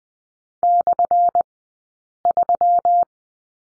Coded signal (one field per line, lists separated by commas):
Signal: Morse code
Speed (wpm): 20 wpm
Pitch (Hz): 700 Hz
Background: none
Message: /3